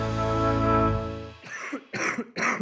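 A sustained musical tone fades out, then three short, harsh cough bursts from an adult follow in quick succession, about half a second apart. The coughs are loud, abrupt and genuine, sounding bad, and fit an ordinary cough with no wheeze or whoop.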